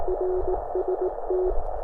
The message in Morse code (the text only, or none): RST